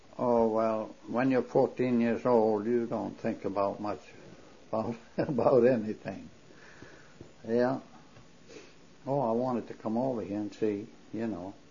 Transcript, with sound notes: Oh, well, when you're fourteen years old, you don't think about much ‑‑ ( laughs ) about anything. Yeahp. Oh, I wanted to come over here and see, you know.